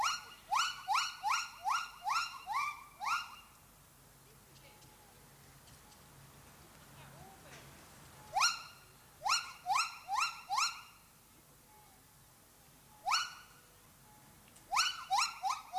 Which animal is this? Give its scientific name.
Hylobates moloch